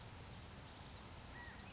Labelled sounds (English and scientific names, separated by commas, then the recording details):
California Quail (Callipepla californica)
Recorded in Sonoma County, California